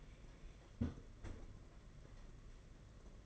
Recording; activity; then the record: daily activity, microphone in the room; close fridge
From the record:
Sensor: 4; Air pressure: 992.7 hPa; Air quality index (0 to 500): 168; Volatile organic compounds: 237 ppm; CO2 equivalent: 4324 ppm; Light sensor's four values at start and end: 18/64/24/24 and 19/65/24/25